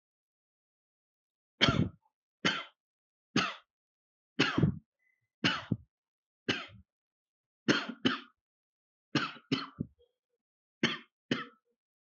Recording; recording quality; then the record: shallow voluntary cough; excellent, no background noise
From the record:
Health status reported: healthy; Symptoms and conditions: hypertension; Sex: male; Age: 50 years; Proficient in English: yes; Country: India